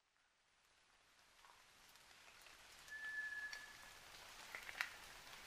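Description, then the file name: White's thrush giving one drawn-out, level whistle amid a swelling hiss, followed by a sharp tick. Sung at night, 29 June 2009, at 23:14. "toratugumi-20090629-2314"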